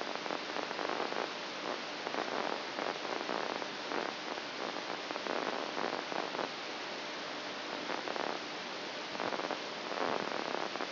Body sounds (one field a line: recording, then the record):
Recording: brain microelectrode recording played as sound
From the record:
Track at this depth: outside the subthalamic nucleus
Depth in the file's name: 6.501 mm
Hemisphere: right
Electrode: 2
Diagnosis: Parkinson's disease